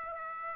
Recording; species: mosquito wingbeat signal from an infrared sensor; Aedes aegypti